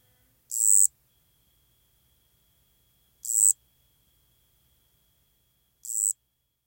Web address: The Songs of Insects. Eastern Striped Cricket